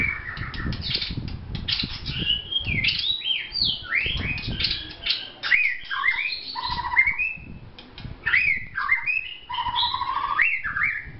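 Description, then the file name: White-rumped shama song, a rich run of varied whistled phrases, rising and falling slurs and fluty notes, with some chirps and clicks behind. Vietnam. "shama vietnam omkicau"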